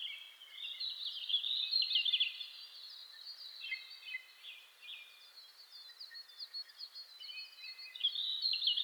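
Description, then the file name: Red-flanked bluetail singing within a dense, continuous chorus of other high-pitched bird calls. Recorded 27 May 2007 at 04:26. "ruribitaki 20070527-0426"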